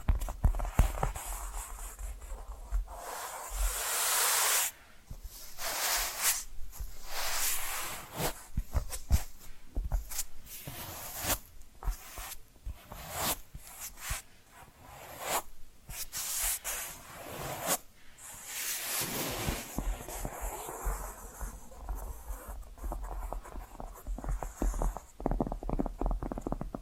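Hypnotic tapping and scratching, with dense bursts of bright scraping, quick irregular taps, and brief hissy swells, pausing around five and eighteen seconds.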